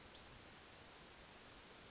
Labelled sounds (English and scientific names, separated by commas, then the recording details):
Western Flycatcher (Empidonax difficilis)
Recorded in Sonoma County, California